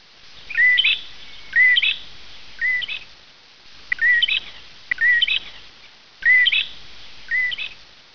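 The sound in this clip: Bird calls: short chirped phrases, each a sharp rising note with a brief twittering tail, repeated roughly once a second with small gaps between them.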